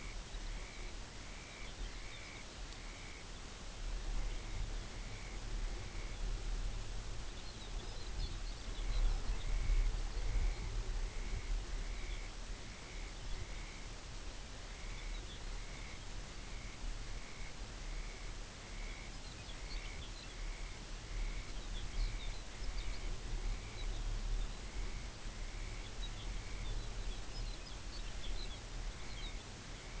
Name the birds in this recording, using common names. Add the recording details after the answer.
Dunlin, Lapland Longspur. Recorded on Arctic tundra, site UTQI-5, on 24 June 2018. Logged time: 12:00